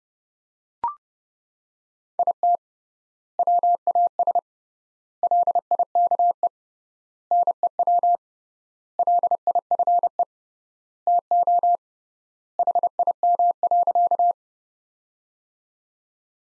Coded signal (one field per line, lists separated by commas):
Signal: Morse code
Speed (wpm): 30 wpm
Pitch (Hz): 700 Hz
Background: none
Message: IT WAS LIKE NEW LIFE TO HIM.